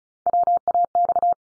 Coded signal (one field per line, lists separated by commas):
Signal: Morse code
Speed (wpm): 36 wpm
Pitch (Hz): 700 Hz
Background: none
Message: WAX